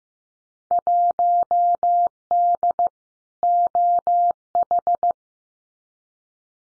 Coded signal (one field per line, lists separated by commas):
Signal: Morse code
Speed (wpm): 15 wpm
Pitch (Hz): 700 Hz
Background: none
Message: 1D OH